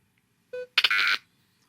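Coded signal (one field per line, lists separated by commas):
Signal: data over sound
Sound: a short buzzy tone, then a brief harsh hissing data burst lasting under half a second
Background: quiet room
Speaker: Again, notice the phrase on the screen.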